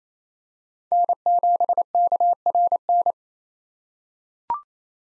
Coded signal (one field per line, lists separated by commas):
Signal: Morse code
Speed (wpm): 28 wpm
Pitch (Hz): 700 Hz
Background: none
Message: N7KRN